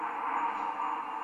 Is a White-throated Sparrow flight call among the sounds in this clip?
no